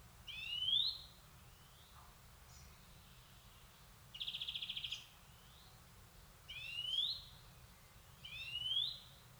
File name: Chloris chloris